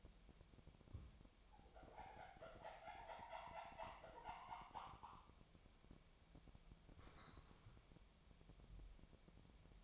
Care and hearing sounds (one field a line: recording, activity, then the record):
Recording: daily activity, microphone in the room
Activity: wipe stove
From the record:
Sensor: 1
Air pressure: 1007.1 hPa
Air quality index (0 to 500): 205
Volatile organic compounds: 22 ppm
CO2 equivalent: 2763 ppm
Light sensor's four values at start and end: 13/33/13/14 and 13/32/13/14